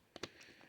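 A plastic crane peg is pushed into a port on an action figure and clicks into place, seated. Two sharp clicks are heard at 0.2 s and 0.2 s (0.16 s and 0.24 s), the second louder, followed by faint background noise. No one talks during the clip.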